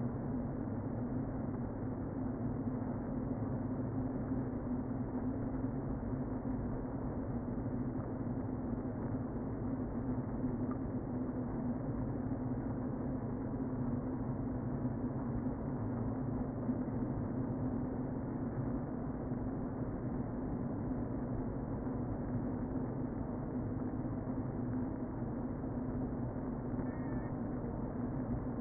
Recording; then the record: honeybee colony, microphone inside the hive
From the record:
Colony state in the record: queen present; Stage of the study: before two queens were removed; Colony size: about 60,000 bees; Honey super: yes